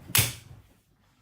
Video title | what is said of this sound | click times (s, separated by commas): CCR Build up and reviews JJ CCR | So there's our click. | 0.2 s